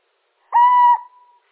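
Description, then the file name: Little owl giving a single clear flat hoot, about half a second long, with a short fading tail, against a silent background. Male. "Sycek obecny samec"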